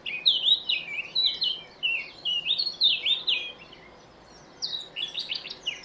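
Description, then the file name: Eurasian blackcap song, a fast run of bright, slurred warbling notes for about three seconds, a pause, then another quick burst of chattering notes. "Sylvia atricapilla"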